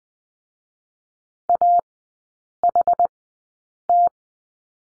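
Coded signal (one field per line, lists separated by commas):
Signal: Morse code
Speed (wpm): 20 wpm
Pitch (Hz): 700 Hz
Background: none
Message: AHT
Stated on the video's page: Morse course lesson on the question mark, Farnsworth speed 20/10 wpm, three-character groups.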